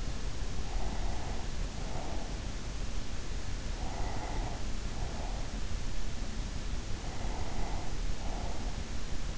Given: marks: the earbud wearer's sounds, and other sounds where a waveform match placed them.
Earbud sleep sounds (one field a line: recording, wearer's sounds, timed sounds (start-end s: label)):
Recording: sounds in sleep by an in-ear microphone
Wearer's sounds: breath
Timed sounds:
0.59-2.87 s: breath
3.73-5.82 s: breath
6.82-9.38 s: breath